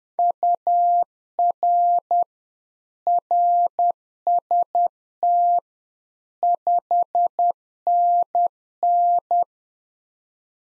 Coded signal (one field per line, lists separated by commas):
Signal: Morse code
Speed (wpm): 10 wpm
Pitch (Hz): 700 Hz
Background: none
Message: UR RST 5NN